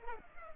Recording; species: mosquito wingbeat signal from an infrared sensor; Culex pipiens